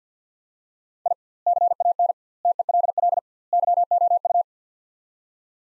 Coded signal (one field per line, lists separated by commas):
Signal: Morse code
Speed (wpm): 50 wpm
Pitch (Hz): 700 Hz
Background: none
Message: I CAN TELL YOU